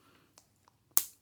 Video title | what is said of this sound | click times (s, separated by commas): TinHiFi T2 MkIII earphones review | Fitting well with a nice click. | 1.0 s